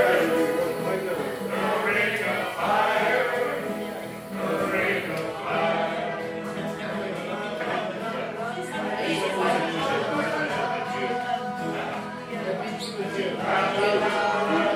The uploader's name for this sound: Irish Sing Along at Tigh Ruairi, Inis Oirr, Ireland